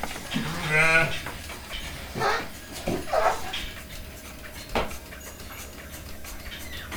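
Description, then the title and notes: Sheep bleats: a strong wavering bleat early on, a shorter one around three seconds, then sharp knocks and quiet background. Field recording in a sheepfold at Gramaços, Oliveira do Hospital, during the daily milking of about 30 sheep. "ordenha (gramaços, oliveira do hospital). Ovelhas # 2 (Ordenha). gravacao de campo num redil de ovelhas, em gramacos, oliveira do hospital, aquando da ordenha diaria a cerca de 30 ovelhas"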